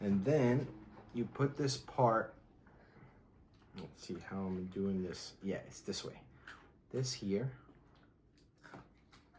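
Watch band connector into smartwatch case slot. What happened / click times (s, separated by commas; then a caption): Handled, not yet home: the band connector has not clicked into the case / none. Someone talks while handling the titanium band connector of a Milanese Loop, lining it up with the slot on a 49mm Natural titanium Apple Watch Ultra case. A few faint handling sounds occur between the speech. Nothing has seated or clicked yet; the connector is not yet home.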